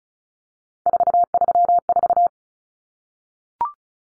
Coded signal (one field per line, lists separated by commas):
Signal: Morse code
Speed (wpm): 34 wpm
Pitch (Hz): 700 Hz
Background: none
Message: 434